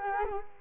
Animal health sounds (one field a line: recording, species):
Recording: mosquito wingbeat signal from an infrared sensor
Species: Culex quinquefasciatus